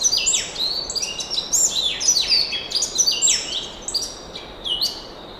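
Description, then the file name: Giant sunbird song: a rapid series of high, thin, sharply descending notes repeated throughout, with a steady soft background hiss. "suara giant sunbird"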